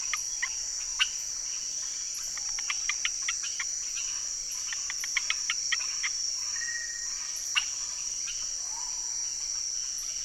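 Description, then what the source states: Amphibian chorus of short, sharp clicking notes from several callers, given in loose bursts over a steady high-pitched insect drone. Unidentified amphibians calling from the ground as rain approached, hundreds or thousands of them, Chemin des grands arbres, Saül, French Guiana, 16 November 2006; Nagra Ares BB+ with cardioid MKH40 microphones.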